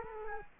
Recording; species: mosquito wingbeat signal from an infrared sensor; Culex quinquefasciatus